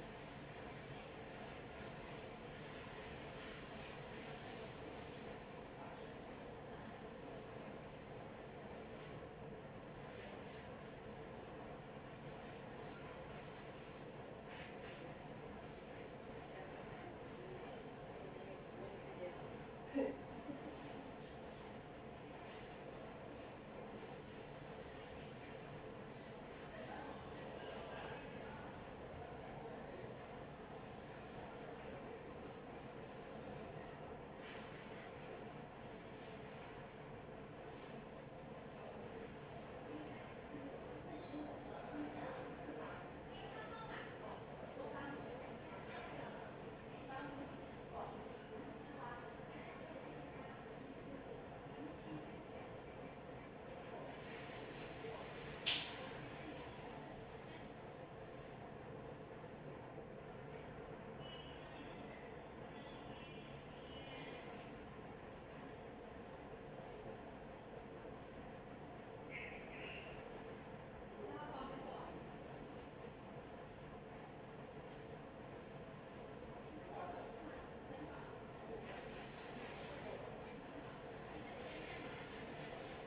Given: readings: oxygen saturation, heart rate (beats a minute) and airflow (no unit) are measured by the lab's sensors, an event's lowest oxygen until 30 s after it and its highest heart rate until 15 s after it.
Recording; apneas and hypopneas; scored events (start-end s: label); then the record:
a person awake in a sleep study, by a smartphone at the bedside; none
0.00-83.07 s: awake
0.00-83.07 s: awake
From the record:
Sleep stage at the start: awake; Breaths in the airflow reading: 24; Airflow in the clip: -0.8 to 0.7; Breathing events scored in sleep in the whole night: 263 in 5.5 hours asleep